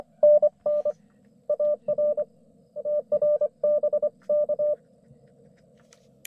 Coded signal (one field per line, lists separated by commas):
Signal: Morse code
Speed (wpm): 26 wpm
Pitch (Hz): 600 Hz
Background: none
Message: NN AR TR BK